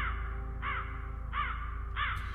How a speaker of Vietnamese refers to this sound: Từ trên bầu trời, tiếng bầy quạ bay tới, kêu lên ráo rác những tiếng thê lương.